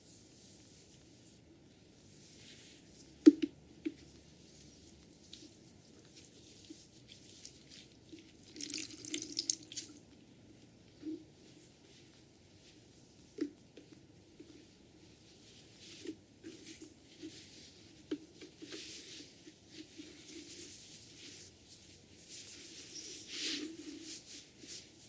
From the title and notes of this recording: ASMR Relaxing head massage with hair washing.